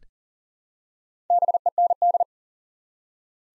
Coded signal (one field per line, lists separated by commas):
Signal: Morse code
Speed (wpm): 40 wpm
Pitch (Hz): 700 Hz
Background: none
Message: BEND